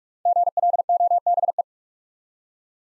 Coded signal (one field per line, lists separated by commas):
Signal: Morse code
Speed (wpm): 45 wpm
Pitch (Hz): 700 Hz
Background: none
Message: GLOBE